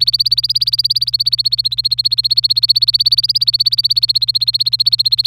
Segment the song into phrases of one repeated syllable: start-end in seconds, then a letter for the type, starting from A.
0.00-5.26 A